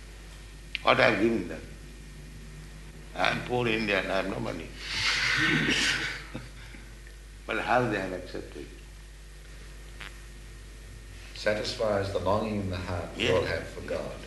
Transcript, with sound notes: What I have given them? I am poor Indian. I have no money. [laughter] But how they have accepted?
It satisfies the longing in the heart we all have for God.